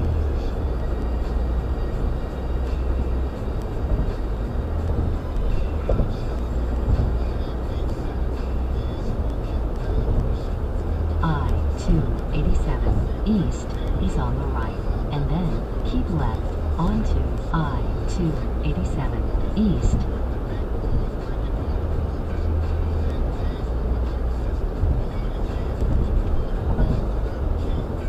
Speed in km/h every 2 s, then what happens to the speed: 109, 109, 109, 109, 109, 109, 109, 109, 109, 109, 109, 109, 109, 109.
0-28 steady at about 109.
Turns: none.